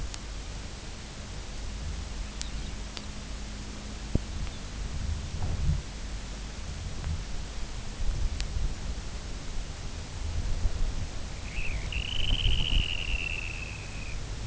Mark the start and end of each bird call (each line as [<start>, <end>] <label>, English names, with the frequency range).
[2.41, 3.11] Lapland Longspur (3.5-4.9 kHz)
[4.48, 4.62] Lapland Longspur (3.3-3.9 kHz)
[11.21, 14.20] Dunlin (1.6-3.7 kHz)